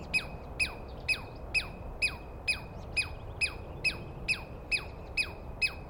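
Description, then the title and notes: Douglas squirrel giving shrill chirps, each a quick downward-sliding squeak, about two per second, evenly spaced through a short stretch. Douglas pine squirrel screaming at dawn, morning of 21 April 2017, East Cascades; calling at length at the recordist, identified by sound without a good look. "On the morning of 21 April, 2017, I set up my microphones and recorder for a nice dawn recording in the East Cascades. I was started awake by a screaming Douglas Pine Squirrel"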